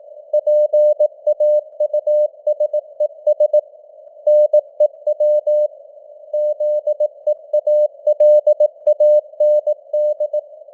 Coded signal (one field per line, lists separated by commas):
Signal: Morse code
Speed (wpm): 18 wpm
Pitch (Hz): 600 Hz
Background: none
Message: PAUSES NEW ZEALAND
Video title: Morse Code News | 2025-10-09 | 18wpm